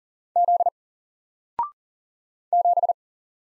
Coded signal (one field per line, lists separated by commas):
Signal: Morse code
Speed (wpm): 40 wpm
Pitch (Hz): 700 Hz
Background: none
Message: Z 7